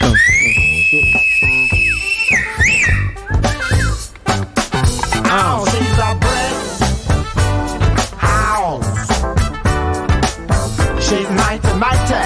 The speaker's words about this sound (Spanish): El chiflío es importante acá.